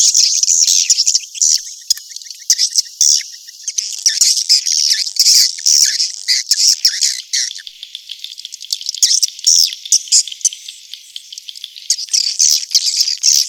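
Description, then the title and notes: Swiftlet chirping calls, a dense stream of high, thin twitters and buzzy chirps that rise and fall in loudness without pause. Sound used in swiftlet farming, Asia. "Swiflet Bird Sound. Farming Swiflet Bird asia sound"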